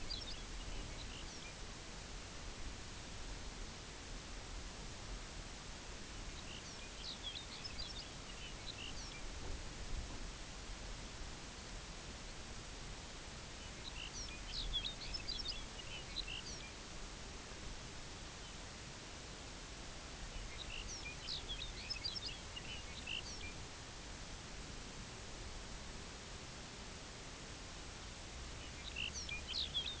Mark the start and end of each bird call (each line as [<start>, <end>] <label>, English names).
[0.03, 1.59] Lapland Longspur
[6.07, 9.34] Lapland Longspur
[13.44, 16.84] Lapland Longspur
[20.14, 23.64] Lapland Longspur
[28.30, 30.00] Lapland Longspur